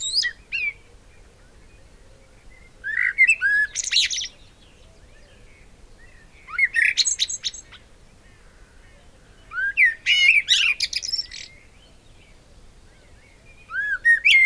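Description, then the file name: Eurasian blackbird: five separate warbling phrases, each a fluted opening then high scratchy squeaks, repeated roughly every three to four seconds. "Turdus merula"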